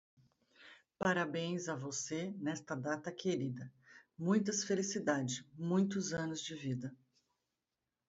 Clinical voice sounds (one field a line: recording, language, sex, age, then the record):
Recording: short text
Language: Brazilian Portuguese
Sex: female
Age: 50 to 59 years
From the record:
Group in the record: control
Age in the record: 51 years